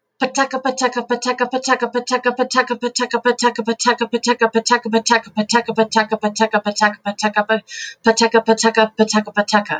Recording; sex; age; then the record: repeated syllables /pa ta ka/; female; 40 to 49 years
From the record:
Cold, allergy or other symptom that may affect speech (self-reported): no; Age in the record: 40 years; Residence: Alaska, United States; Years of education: 17